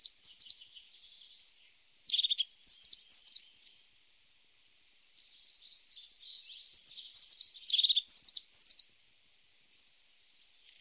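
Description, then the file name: Crested tit making a jumble of high, thin notes and short buzzy trills, somewhat broken, with faint background hiss. "Tofsmes"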